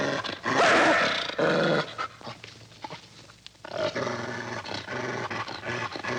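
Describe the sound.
Dog growling in low rough bursts, then a stretch of breathy panting and snuffling with quieter grumbles.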